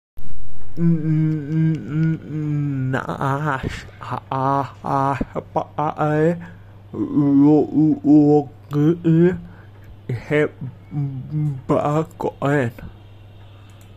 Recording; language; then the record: elicited speech; Bengali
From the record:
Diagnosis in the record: Broca's or global aphasia after a stroke